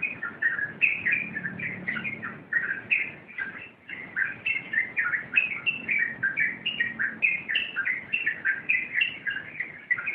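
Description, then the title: Yellow-vented bulbul giving bubbly, chattering song: rapid overlapping notes rising and falling in mid pitch, nearly unbroken, with a faint low hum in places. Wild bird. "Master Burung Jos"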